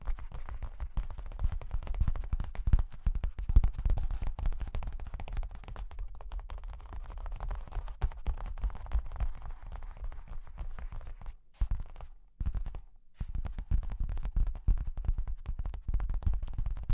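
Cork and wood being tapped, scratched and traced, a dense run of small dry clicks and rubbing scrapes with a low thump underneath. The activity stays busy and uneven throughout, with brief silent gaps around 11 and 12–13 seconds before the scratching resumes.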